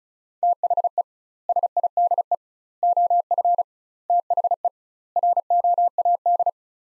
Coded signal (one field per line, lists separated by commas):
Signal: Morse code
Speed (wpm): 36 wpm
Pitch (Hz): 700 Hz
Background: none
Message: THE SIDE OF THE ROAD